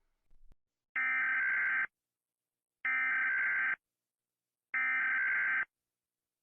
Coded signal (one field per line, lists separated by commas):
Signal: Emergency Alert System (SAME) tones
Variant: header bursts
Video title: Rating eas alarms pt. 1